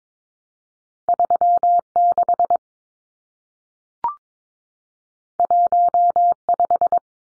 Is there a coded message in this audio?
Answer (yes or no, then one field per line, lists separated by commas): yes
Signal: Morse code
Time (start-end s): 1.1-7.0 s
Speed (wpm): 22 wpm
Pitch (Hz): 700 Hz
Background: none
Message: 36 15